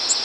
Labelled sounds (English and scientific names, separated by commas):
Tennessee Warbler (Leiothlypis peregrina) flight call